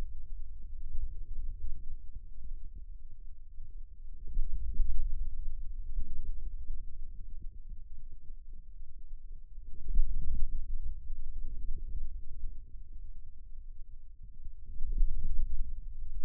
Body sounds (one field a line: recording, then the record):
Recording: forearm muscle sounds (acoustic myography)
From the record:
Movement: inward rotation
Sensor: system 2, bracelet of six BSWA MPA416 microphones around the upper forearm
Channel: 1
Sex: male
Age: 22 years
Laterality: right